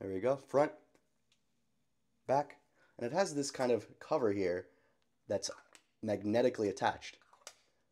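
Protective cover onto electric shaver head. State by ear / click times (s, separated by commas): seated / 7.5 s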